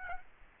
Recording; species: mosquito wingbeat signal from an infrared sensor; Aedes aegypti